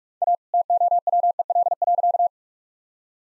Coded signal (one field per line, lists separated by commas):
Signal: Morse code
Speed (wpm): 41 wpm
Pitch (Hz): 700 Hz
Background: none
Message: A TOWEL.